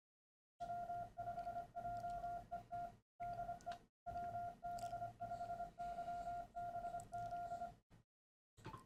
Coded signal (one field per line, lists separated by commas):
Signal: Morse code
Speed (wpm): 26 wpm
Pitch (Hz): 700 Hz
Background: none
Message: W5JET DE WB5YBZ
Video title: MRP40 Morse Decoder & Sender Voice To CW